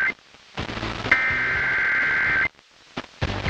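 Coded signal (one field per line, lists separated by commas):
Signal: Emergency Alert System (SAME) tones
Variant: header bursts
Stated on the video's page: Real severe thunderstorm warning activation on a radio station, aired at its top-of-the-hour legal ID and jingle.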